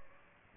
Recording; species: mosquito wingbeat signal from an infrared sensor; Aedes aegypti